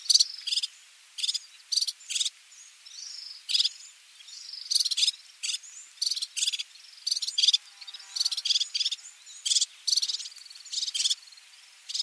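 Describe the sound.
Fire-fronted serin calling with short, high buzzy trills spaced irregularly over twelve seconds, with occasional soft whistles between the bursts.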